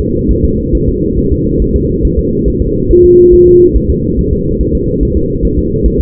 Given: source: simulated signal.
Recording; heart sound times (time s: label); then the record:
fetal heart sounds
0.00 s: S2
0.31 s: S1
0.44 s: S2
0.75 s: S1
0.89 s: S2
1.19 s: S1
1.32 s: S2
1.62 s: S1
1.76 s: S2
2.05 s: S1
2.19 s: S2
2.48 s: S1
2.62 s: S2
2.91 s: S1
3.04 s: S2
3.34 s: S1
3.47 s: S2
3.77 s: S1
3.90 s: S2
4.19 s: S1
4.33 s: S2
4.61 s: S1
4.75 s: S2
5.03 s: S1
5.17 s: S2
5.45 s: S1
5.59 s: S2
5.86 s: S1
6.00 s: S2
From the record:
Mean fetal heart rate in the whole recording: 140 bpm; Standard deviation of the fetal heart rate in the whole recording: 2 bpm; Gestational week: 34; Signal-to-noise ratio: -14.7 dB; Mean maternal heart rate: 72 bpm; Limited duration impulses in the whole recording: present